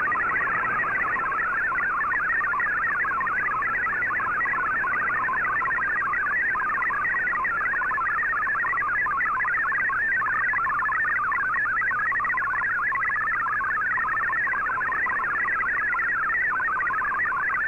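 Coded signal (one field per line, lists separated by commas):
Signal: multi-tone FSK (Olivia or MFSK type)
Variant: MFSK32 or MFSK64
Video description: Here is my decode of the Shortwave Radiogram broadcast today on 15770Khz shortwave radio at 1300UTC in MFSK32 and 64 and with 10 SSTV images.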